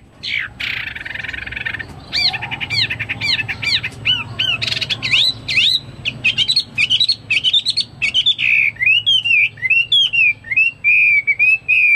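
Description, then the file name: Chinese hwamei opens with a harsh burst, then builds into clear whistled notes that become more fluent toward the end. "omkicau hwamei"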